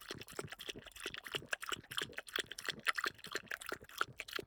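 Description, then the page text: French Bulldog noisily lapping water, uneven splashy tongue strokes continuing without pause. French Bulldog drinking. "French Bulldog Drinking 2. Quick Sounds"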